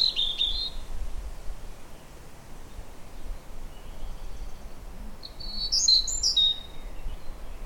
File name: vorosbegy hangja